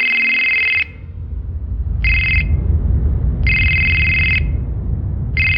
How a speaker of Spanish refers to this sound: Pero cuando se disponía a salir, el teléfono volvió a sonar.